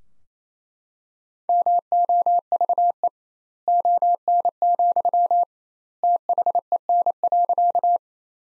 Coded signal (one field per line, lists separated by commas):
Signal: Morse code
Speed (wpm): 28 wpm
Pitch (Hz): 700 Hz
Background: none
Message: MOVE ON, THEN.